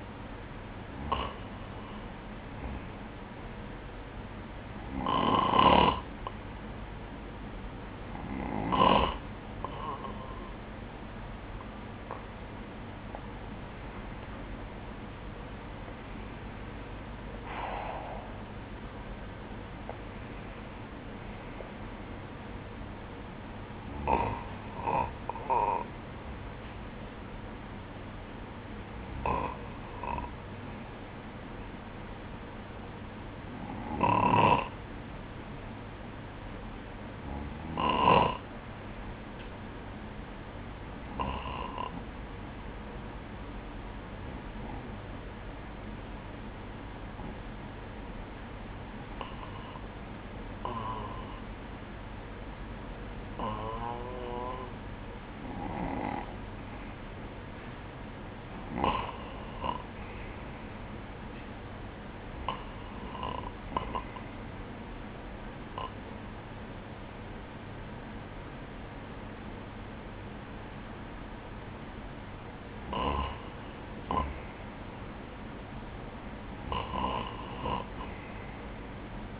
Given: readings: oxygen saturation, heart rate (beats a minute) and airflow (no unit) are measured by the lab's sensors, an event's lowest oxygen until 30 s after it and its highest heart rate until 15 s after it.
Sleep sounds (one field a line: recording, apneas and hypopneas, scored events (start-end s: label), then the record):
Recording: breathing in sleep by a voice recorder at the bedside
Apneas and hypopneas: 1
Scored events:
44.00-73.80 s: hypopnea (N2, oxygen 96% highest, then 93% lowest, heart rate 61 at the start, 66 highest)
From the record:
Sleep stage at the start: N2 (light sleep)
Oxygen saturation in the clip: 93 to 96%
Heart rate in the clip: 58 to 66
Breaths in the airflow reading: 19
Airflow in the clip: -10.7 to 9.7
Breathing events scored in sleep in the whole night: 180 in 6.7 hours asleep